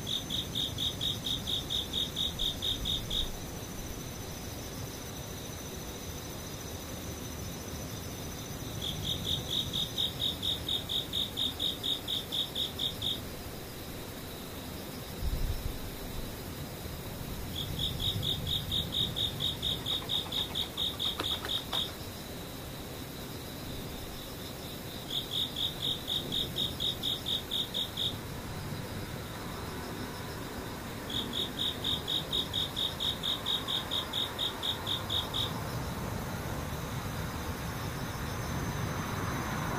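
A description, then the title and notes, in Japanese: Insects call in buzzing, pulsing trills that come in bursts of about four seconds, roughly every six to eight seconds. Between bursts a steady low rumble and soft hiss carry on, with a brief dull thump near the middle. 雨ムシセミ無音。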